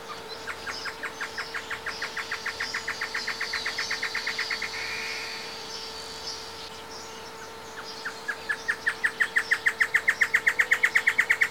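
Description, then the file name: Great Antshrike singing: a rapid note series fades into a raspy snarl, then another accelerating run of loud, clear notes builds to the end; steady hum throughout. Male and female singing together; Esperanza; 11 January 2018. "Chororó-Macho-y-hembra-cantan Esperanza 11-01-2018"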